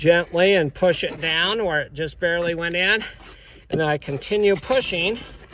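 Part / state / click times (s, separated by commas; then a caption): high voltage service disconnect plug into its socket on a hybrid car / not seated / none. A high voltage service disconnect plug is gently pushed down into its socket on a hybrid car while someone talks throughout. The plug has only barely gone in, and nothing has seated or clicked yet.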